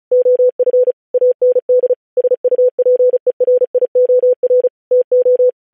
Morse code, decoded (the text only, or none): OF AND SUPERIOR TO